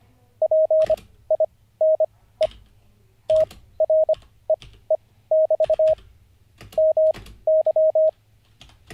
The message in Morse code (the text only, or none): PINE TREE<BT> MY